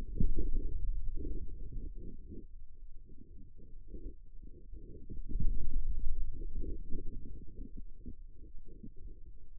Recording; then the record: forearm muscle sounds (acoustic myography)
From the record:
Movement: finger pinch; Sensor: system 2, bracelet of six BSWA MPA416 microphones around the upper forearm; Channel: 6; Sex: male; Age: 22 years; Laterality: right